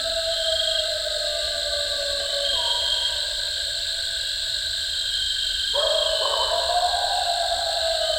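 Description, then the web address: Eastern coyote howling: a long steady tone slowly sliding downward, then a sudden rise into a new wavering howl near the end, over constant high insect trilling. "coyote song full. coyote ecology-of-our-eastern-coyotes"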